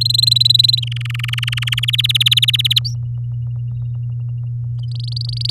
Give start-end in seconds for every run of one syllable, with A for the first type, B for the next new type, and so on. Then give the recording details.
0.01-0.80 A, 0.82-1.85 B, 1.88-2.79 C, 2.85-2.94 D, 4.88-5.50 E. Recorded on 7 May 2018 at 06:26. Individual llb16